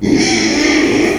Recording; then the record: squeal of a Yucatan mini pig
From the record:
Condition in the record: after surgery on the right vocal fold (resection and tissue-engineered implant); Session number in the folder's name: 2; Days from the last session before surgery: 13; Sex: male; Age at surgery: 12 weeks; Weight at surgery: 13 kg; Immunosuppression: cyclosporine, prednisolone